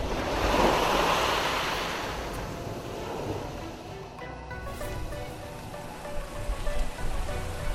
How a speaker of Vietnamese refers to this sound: đất trời hợp thành một, nước biển bắt đầu dâng lên.